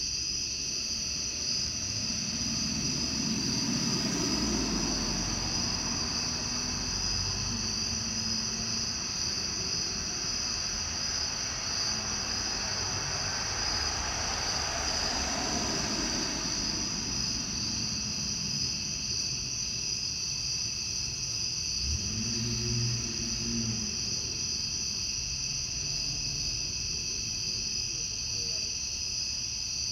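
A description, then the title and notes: Cicadas drone steadily through the whole clip, a bright, unbroken buzzing with a high shrill band on top. Beneath them, low rumbling cars swell and fade, one around four seconds, another near fifteen, and a third passing about twenty-two seconds in. Ext Cicadas, Car Driving By, Summer by Bandeto.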